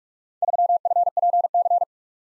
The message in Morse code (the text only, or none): 3FPC